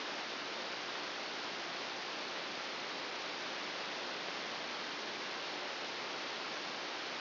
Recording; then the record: brain microelectrode recording played as sound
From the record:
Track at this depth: inside the subthalamic nucleus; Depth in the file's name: 1.005 mm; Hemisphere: right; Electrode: 2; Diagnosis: Parkinson's disease